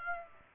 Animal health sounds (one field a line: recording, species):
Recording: mosquito wingbeat signal from an infrared sensor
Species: Aedes aegypti